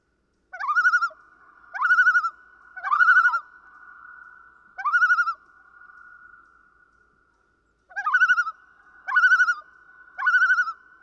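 Common loon calls: several upswept notes breaking into short tremulous wavers, with a sustained ringing tone between bursts and a longer pause midway.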